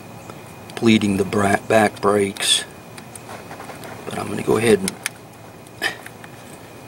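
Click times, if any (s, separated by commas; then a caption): 6.1 s, 6.2 s. Someone talks while a wire connector is pushed by hand onto the terminal of the brake warning switch on a metal brake combination valve. Two short, sharp clicks are heard at 6.1 s and 6.2 s as the connector clicks into place and is seated.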